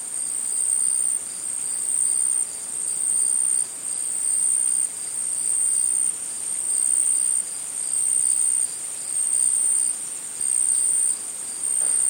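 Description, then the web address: Insects trilling in a dense high-pitched chorus, rhythmic louder pulses recurring against steady shrill buzzing. Tropical insects; tropical forest or jungle setting. "Tom Hutchings Insects Tropical"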